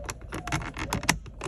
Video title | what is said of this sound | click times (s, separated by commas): How To Fix A Broken Sunglass Holder - Porsche Cayenne DIY Video #PorscheCayenne #PorscheDIYRepair | it'll pop into place | 1.1 s